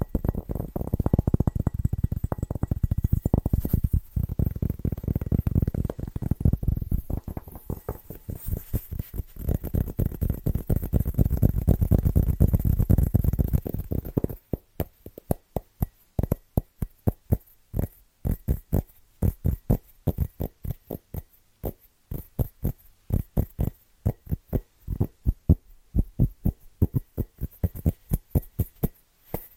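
Fast, rhythmic tapping runs throughout, dull and low-pitched. For the first half it is dense and heavy, blending into a thick thumping roll; just before the midpoint it thins out into quicker, separate, crisper taps with short silences between them.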